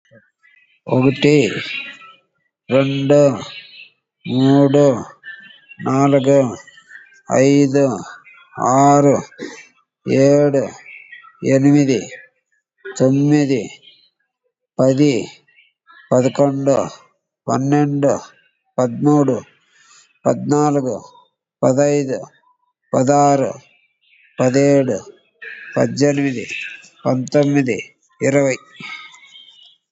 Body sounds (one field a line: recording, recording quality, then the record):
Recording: counting at a normal pace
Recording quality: excellent, no background noise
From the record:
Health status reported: COVID-19 positive, mild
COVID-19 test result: positive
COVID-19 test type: RT-PCR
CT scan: not taken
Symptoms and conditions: none ticked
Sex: male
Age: 56 years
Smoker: no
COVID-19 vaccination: both doses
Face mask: not worn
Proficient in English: no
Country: India